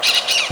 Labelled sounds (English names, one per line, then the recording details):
Brown-throated Parakeet contact call
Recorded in Venezuela
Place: Ocumare, La Boca, salina
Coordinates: 10.488, -67.763